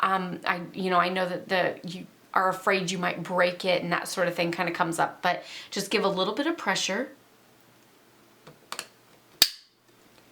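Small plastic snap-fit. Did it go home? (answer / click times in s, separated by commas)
yes / 9.4 s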